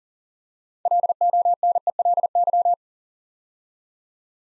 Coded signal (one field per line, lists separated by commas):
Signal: Morse code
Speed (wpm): 39 wpm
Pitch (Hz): 700 Hz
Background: none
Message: LONELY